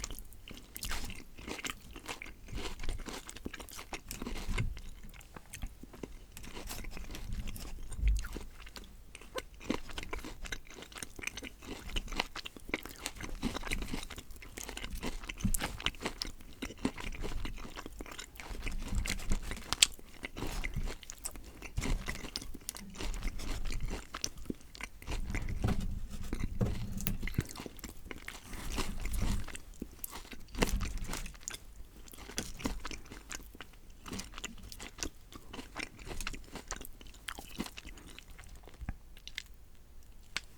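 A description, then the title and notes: Someone eats a footlong sandwich, with steady moist chewing and soft crunchy bites every few seconds. ASMR SUBWAY FOOTLONG SANDWICH Eating Sounds (MUKBANG).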